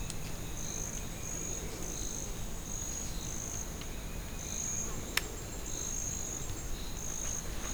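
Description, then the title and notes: Cricket chirps in repeated high pulsed bursts over a continuous insect hum, with one sharp snap and low background rumble. Crickets in ambience at Parque Nacional de Anavilhanas, Novo Airão, Amazonas, Brazil; stereo, Zoom H6. "AMBTrop Zh 6 Valparaíso, Anavilhanas, Ambience, Mosquitoes Passby, Crickets, Dry Leaves Break, Twigs Snap, Birds FILI URPRU. Canto de pássaros, cigarras, cricrió seringueiro, folhas secas, tarde, estalo de galhos, música distante. Gravado próximo à Cabana Tucuxi, Novo Airão, Amazonas, Amazônia, Brasil. Sonoteca Uirapuru. Beatriz Filizola"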